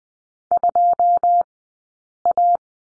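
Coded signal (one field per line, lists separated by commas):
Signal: Morse code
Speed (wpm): 20 wpm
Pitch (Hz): 700 Hz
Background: none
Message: 2A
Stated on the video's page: Morse code course lesson at Farnsworth speed of 20/10 wpm, practicing the number 2.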